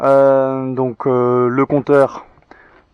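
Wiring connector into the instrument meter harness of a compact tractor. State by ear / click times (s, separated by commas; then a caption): seated / 2.5 s. Someone talks, then at 2.5 s a short click sounds as a wiring connector is pushed in from underneath into the instrument meter harness of a compact Kubota tractor, during work on its lighting and dashboard wiring because the meter and turn signals had stopped working. The connection had never been made before, and it now seats and is properly reconnected.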